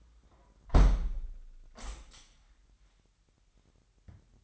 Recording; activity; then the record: daily activity, microphone in the room; close window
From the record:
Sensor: 3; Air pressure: 998.0 hPa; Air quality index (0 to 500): 145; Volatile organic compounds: 5 ppm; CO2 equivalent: 1728 ppm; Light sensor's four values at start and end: 14/40/16/15 and 14/40/16/15